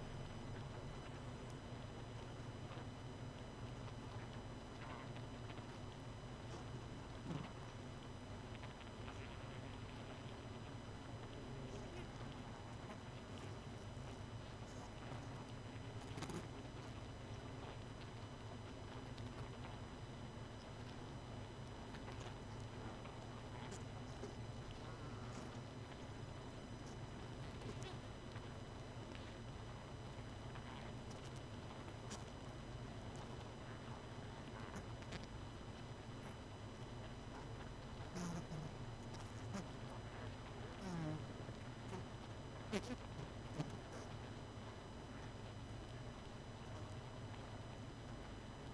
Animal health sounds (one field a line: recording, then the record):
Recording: honeybee colony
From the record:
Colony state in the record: missing queen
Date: 31 May 2018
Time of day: 23:13